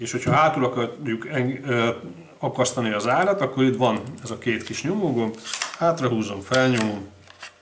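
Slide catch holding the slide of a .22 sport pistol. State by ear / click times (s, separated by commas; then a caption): not seated / none. Someone talks while handling a Walther GSP500 .22 LR sport pistol, pressing its two small push buttons and pulling the slide back so the slide catch can hold it open. A few brief, faint handling sounds occur near the end, but the slide catch has not yet locked the slide back; nothing has seated or clicked yet.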